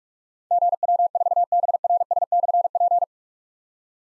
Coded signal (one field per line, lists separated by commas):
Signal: Morse code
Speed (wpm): 44 wpm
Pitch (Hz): 700 Hz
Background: none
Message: GW4BRS/P